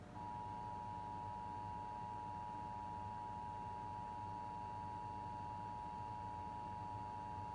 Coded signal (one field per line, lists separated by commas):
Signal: Emergency Alert System (SAME) tones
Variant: 853 and 960 Hz attention tone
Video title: Backlogged EAS tests(EAS 47-53)